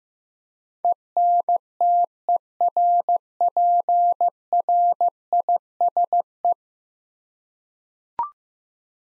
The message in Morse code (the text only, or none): ENTERPRISE